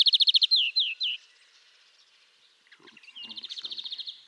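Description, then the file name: European greenfinch singing: rapid trilled notes and a few swooping chirps, a pause, then a soft twitter building into a long rolling trill. "Chloris chloris"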